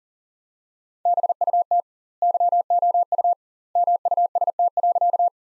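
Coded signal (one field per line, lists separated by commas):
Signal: Morse code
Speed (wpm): 40 wpm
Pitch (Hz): 700 Hz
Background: none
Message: BUT YOU MUST.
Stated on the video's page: Morse practice sentences from the top 200 words at 40 wpm with 2x standard word spacing, a Farnsworth-like method applied to words.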